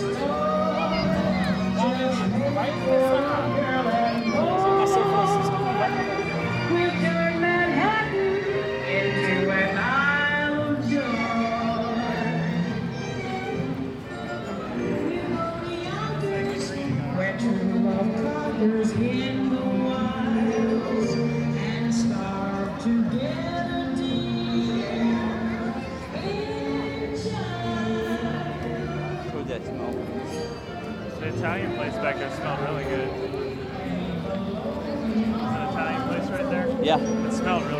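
A walk through the Universal Studios Florida theme park, filled with a steady wash of overlapping voices and chatter. The crowd murmur stays dense and even throughout, easing slightly around the middle and again near thirty seconds before swelling back.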